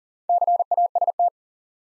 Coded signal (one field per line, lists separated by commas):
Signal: Morse code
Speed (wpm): 42 wpm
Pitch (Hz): 700 Hz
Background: none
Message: CAST